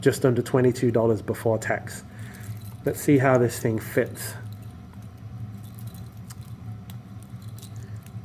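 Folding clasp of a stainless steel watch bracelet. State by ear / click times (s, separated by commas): not seated / none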